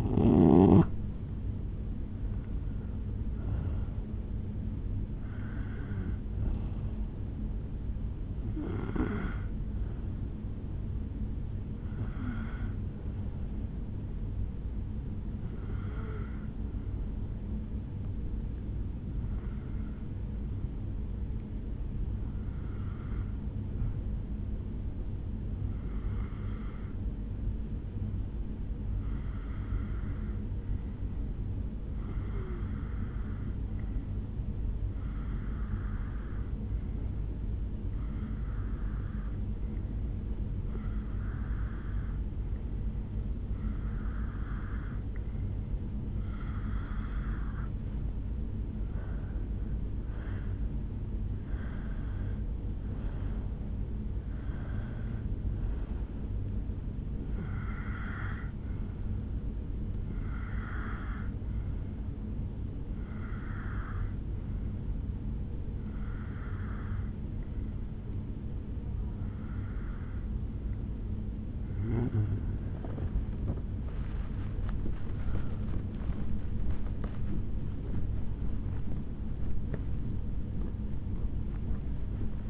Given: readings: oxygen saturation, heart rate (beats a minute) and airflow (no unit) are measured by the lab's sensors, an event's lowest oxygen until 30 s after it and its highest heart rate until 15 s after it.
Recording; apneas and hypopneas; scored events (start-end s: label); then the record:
breathing in sleep by a smartphone at the bedside; 2
9.00-69.00 s: new sleep stage, N1 (lightest sleep)
13.00-47.60 s: hypopnea (N1, oxygen 96% highest, then 90% lowest, heart rate 64 at the start, 75 highest)
61.00-76.80 s: hypopnea (N1, oxygen 95% highest, then 95% lowest, heart rate 70 at the start, 73 highest)
69.00-82.50 s: awake
69.00-82.50 s: new sleep stage, awake
From the record:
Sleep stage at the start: N2 (light sleep); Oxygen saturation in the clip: 90 to 97%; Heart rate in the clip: 58 to 75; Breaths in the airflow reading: 25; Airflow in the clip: -7.4 to 10.9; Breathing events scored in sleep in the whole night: 449 in 7.0 hours asleep